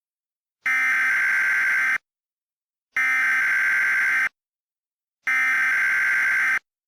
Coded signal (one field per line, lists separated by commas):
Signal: Emergency Alert System (SAME) tones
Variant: header bursts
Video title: EAS Mock 8: The Caesar Incident